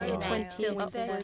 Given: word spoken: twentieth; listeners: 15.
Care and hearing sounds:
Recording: one English word in noise, from a listening test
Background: four-talker babble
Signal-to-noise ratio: -2.1 dB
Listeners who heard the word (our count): 0 of 15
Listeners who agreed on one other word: 8 of 15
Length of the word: 0.84 s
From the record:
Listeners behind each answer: 8, 3, 1, 1, 1, 1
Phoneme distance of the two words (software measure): 17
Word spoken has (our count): 2 syllables, 7 phonemes, stress on syllable 1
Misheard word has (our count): 2 syllables, 6 phonemes, stress on syllable 1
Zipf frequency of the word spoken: 2.76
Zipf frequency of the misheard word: 3.72

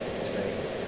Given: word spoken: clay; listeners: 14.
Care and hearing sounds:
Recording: one English word in noise, from a listening test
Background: speech-shaped noise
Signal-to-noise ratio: -6.1 dB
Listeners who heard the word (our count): 1 of 14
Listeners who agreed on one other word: 6 of 14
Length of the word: 0.48 s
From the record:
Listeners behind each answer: 6, 2, 1, 1, 1, 1, 1, 1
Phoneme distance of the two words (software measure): 24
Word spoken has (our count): 1 syllable, 3 phonemes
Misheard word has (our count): 1 syllable, 3 phonemes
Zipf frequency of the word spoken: 4.18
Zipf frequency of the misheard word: 6.08

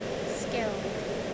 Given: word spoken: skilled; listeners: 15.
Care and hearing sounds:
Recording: one English word in noise, from a listening test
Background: speech-shaped noise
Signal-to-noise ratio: -4.4 dB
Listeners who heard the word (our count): 3 of 15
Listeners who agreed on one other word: 11 of 15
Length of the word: 0.94 s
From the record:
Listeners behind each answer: 11, 3, 1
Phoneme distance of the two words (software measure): 7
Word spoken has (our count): 1 syllable, 5 phonemes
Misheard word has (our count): 1 syllable, 4 phonemes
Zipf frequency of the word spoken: 3.95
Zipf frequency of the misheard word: 4.40

